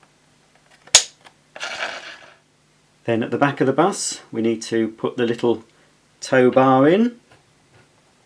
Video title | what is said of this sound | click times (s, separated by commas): Playmobil 5267 Summer Fun Hotel Bus Assembly & Review | so it clicks into place | 0.9 s